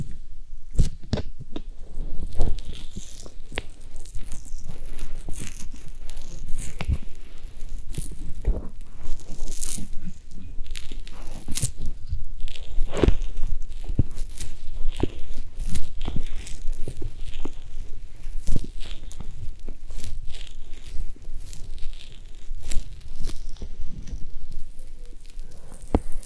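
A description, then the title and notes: Ear massage sounds made of dense, continuous rubbing and crinkling, with soft scratchy friction and frequent sharp crunchy taps scattered throughout. The texture stays busy and uneven from start to finish, with a low rumble underneath and occasional brighter crackles. ASMR Ear Massage.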